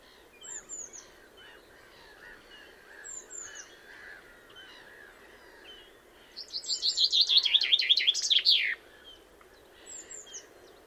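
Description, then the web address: Common chaffinch, one rapid, descending phrase of ringing notes with a final flourish, preceded by scattered high chips and soft calls from other birds. "Deverinetal"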